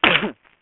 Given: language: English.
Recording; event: throat vibration sensor signal played as sound; cough